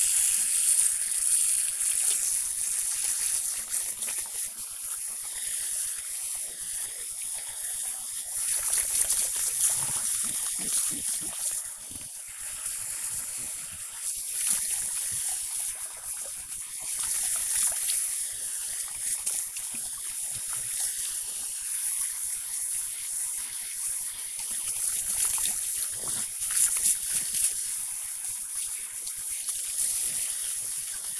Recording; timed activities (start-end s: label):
household activities, microphone on the right wrist
0.00-31.19 s: washing hands